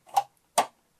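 A floppy drive fitted with home-made 3D-printed plastic mounting rails is pushed into a PC case drive bay with a slightly tight fit. Two sharp plastic clicks ring out at 0.2 s and 0.6 s, the second a bit fuller, as the rails click into place and the drive is seated.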